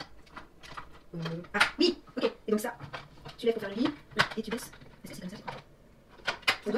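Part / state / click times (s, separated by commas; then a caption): sofa bed backrest/seat mechanism locking into the frame / seated / 6.3 s, 6.5 s. A sofa bed's backrest/seat mechanism is lifted and lowered to set the bed position while someone talks. Two sharp clicks at 6.3 s and 6.5 s mark the mechanism locking into the frame, confirming it has seated.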